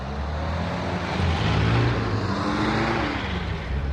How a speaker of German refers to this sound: Die Motoren werden angelassen und die drei Wagen fahren ohne Licht davon.